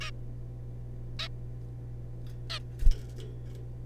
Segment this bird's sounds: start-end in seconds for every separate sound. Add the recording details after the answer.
0.01-0.11, 1.19-1.28, 2.50-2.59. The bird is a juvenile. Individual R3549